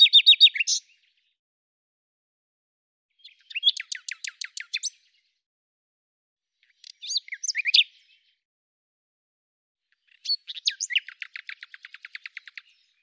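Bird singing four separate phrases, each a quick mix of chirps and rattling trills, the last ending in a long, fast trill with a very high, thin note above.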